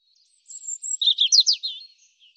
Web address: cianscape birddata Deverinetal 2025 Bird Er Ru